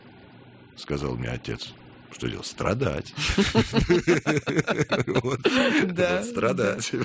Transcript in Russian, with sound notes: – сказал мне отец. – Что делать? Страдать». (смеются) Вот.
Да.
Вот, страдать.